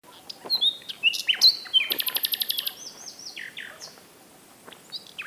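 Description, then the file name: Common nightingale song: whistled slurred notes, then a fast rattling series of repeated pulses, followed by descending high phrases. "Luscinia megarhynchos"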